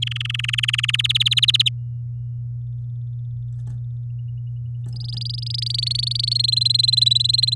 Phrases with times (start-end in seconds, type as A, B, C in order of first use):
0.02-0.96 A, 0.98-1.69 B, 4.95-6.50 C, 6.52-7.54 D